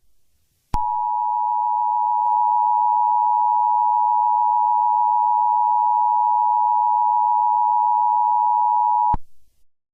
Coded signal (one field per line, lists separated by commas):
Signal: Emergency Alert System (SAME) tones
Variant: 853 and 960 Hz attention tone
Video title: Eas scenario 3 solar eclipse